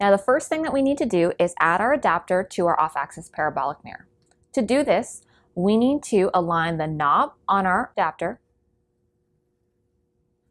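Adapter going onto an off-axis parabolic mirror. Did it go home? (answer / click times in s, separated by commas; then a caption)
no / none. Someone talks while lining up the knob on a mount adapter with the notch on an off-axis parabolic mirror, getting it ready to press in. Nothing has clicked or seated yet, and the clip ends in silence after about 8.4 seconds.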